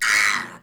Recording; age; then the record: pig call; piglet (1 to 25 days)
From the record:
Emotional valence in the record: negative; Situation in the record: castration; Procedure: castration, treatment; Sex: male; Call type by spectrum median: low-frequency call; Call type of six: low-frequency tonal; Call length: 0.63 s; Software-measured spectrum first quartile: 1852 Hz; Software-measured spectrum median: 2377 Hz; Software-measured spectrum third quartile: 5462 Hz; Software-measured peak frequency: 1969 Hz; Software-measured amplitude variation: 100 dB a second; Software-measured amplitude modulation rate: 18.2 a second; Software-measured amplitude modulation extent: 5.5 dB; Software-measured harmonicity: 1.6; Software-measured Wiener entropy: -2.23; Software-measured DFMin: 883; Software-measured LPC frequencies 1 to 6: 1290, 2116, 4075, 4871, 5950, 6688 Hz